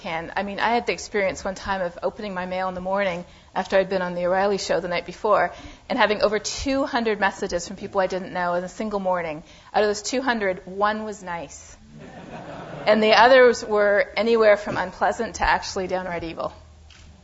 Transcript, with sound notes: I mean, I had the experience one time of opening my email in the morning after I'd been on the O'Reilly Show the night before and having over 200 messages from people I didn't know in a single morning. Out of those 200, one was nice. [Laughter] And the others were anywhere from unpleasant to actually downright evil.